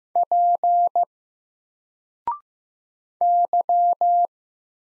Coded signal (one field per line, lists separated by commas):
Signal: Morse code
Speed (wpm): 15 wpm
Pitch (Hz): 700 Hz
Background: none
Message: P Y